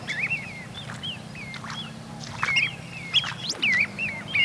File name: Corriere Piccolo